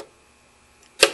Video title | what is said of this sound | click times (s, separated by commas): PO1131 & PO1151 LEAN EXHAUST | And you hear a snap. | 1.0 s